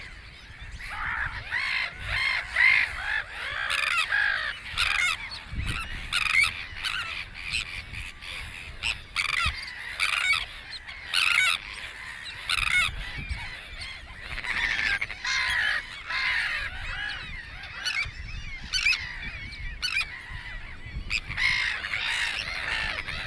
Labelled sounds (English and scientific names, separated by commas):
Sandwich Tern (Thalasseus sandvicensis) call